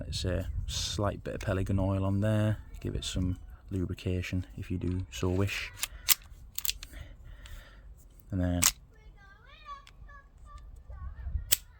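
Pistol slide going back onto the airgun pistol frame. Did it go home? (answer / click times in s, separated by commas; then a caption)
yes / 11.5 s. Someone talks while the slide of a metal replica pistol airgun is refitted onto its frame after its internals have been lubricated. Several small handling clicks and taps follow, then the slide is pushed back and locks into place with a sharp click at 11.5 s.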